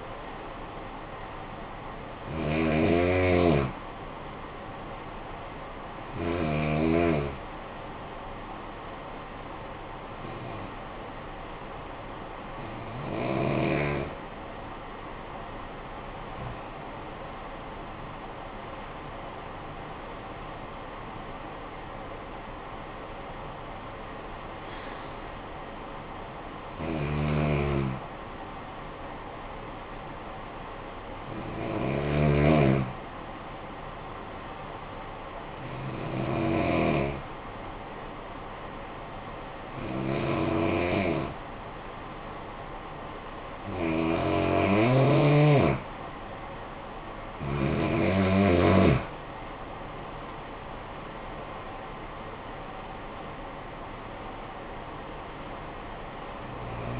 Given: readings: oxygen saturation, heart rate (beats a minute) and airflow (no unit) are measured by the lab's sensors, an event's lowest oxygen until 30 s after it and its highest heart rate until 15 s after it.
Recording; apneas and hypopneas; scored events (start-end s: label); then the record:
breathing in sleep by a voice recorder at the bedside; 2
7.00-18.10 s: hypopnea (N2, oxygen 94% highest, then 92% lowest, heart rate 52 at the start, 69 highest)
32.00-48.30 s: hypopnea (N2, oxygen 95% highest, then 89% lowest, heart rate 53 at the start, 70 highest)
34.00-57.00 s: new sleep stage, N1 (lightest sleep)
From the record:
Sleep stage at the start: N2 (light sleep); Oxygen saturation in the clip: 88 to 95%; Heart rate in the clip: 52 to 70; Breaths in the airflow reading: 13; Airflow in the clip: -11.5 to 12.2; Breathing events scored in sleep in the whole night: 445 in 7.6 hours asleep